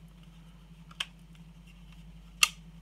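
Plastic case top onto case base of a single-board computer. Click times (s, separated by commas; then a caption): 1.0 s, 2.4 s. The plastic top half of a Raspberry Pi case is pressed down onto its base over a steady low background hum. Two sharp clicks sound at 1.0 s and 2.4 s, the second louder, as the top seats and clicks shut on the base.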